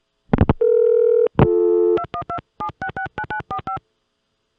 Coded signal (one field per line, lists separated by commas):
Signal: DTMF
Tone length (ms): 90 ms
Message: 2127669945